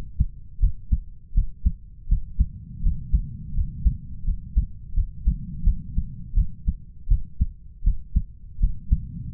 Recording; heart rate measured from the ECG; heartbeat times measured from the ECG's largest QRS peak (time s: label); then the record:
heart sounds by stethoscope; 82 bpm
0.59 s: heartbeat
1.34 s: heartbeat
2.08 s: heartbeat
2.82 s: heartbeat
3.54 s: heartbeat
4.24 s: heartbeat
4.94 s: heartbeat
5.64 s: heartbeat
6.34 s: heartbeat
7.08 s: heartbeat
7.83 s: heartbeat
8.59 s: heartbeat
9.34 s: heartbeat
From the record:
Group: healthy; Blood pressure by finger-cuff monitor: 114/73 mmHg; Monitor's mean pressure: 84 mmHg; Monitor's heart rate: 84 bpm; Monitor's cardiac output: 7.5 L/min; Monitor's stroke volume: 91 mL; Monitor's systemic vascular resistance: 820 dyn s/cm5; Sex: male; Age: 33 years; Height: 179 cm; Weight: 80.4 kg